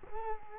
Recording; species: mosquito wingbeat signal from an infrared sensor; Culex quinquefasciatus